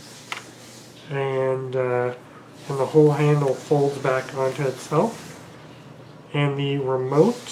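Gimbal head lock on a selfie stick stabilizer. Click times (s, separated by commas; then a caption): 0.3 s. With the Qimic Mini Phone Stabilizer, a selfie stick stabilizer, switched off, its single-axis gimbal head is turned into its locked position. A small plastic locking detent engages with one sharp click at 0.3 s, and the gimbal lock seats in place. Someone then talks.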